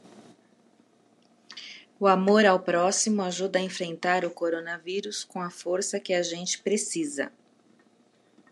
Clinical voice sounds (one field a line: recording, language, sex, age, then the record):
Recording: spoken sentence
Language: Brazilian Portuguese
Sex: female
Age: 40 to 49 years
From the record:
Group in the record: control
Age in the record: 46 years